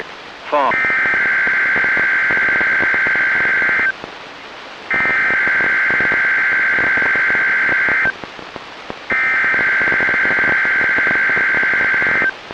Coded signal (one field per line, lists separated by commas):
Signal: Emergency Alert System (SAME) tones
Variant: header bursts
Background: speech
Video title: EAS #1102-#1103: Experimental Garage Reecom | KHB36, WXM42, & WNG736